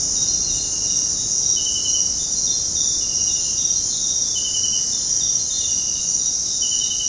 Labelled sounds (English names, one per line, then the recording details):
none
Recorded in dense forest near Puerto Asís, Putumayo, Colombia, on 19 February 2024 at 21:00
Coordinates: 0.503, -76.322
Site G6418